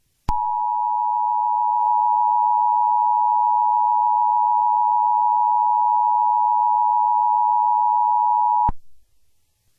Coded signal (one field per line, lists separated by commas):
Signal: Emergency Alert System (SAME) tones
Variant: 853 and 960 Hz attention tone